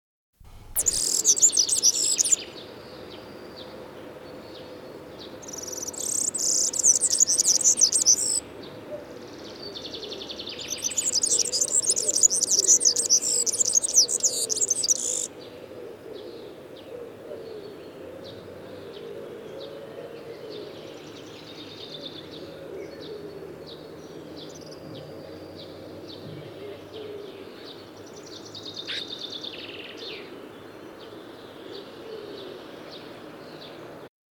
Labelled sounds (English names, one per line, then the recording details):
European Serin song
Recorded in the wild
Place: Putbus, Insel Rügen, Mecklenburg-Vorpommern, DE
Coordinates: 54.355, 13.467
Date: 1975-06-01
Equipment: Nagra III BH, Sennheiser MD 21, parabola
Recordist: Schubert, Michael
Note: Gesang Girlitz, anderes Exemplars